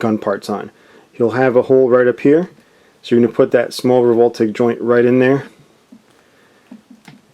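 Someone talks while lining up a small plastic Revoltech joint with the hole in a part of a Revoltech Assemble Borg 009 Ghost Gunner action figure, before pushing it in. Speech fills the first 5.5 seconds, followed by quiet handling and a single soft handling tap at about 7.1 s. The joint has not seated or clicked yet.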